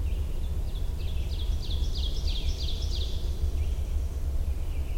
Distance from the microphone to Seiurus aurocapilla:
about 65 m